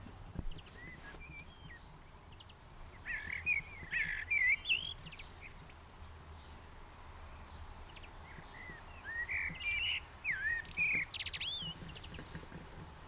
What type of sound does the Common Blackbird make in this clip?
song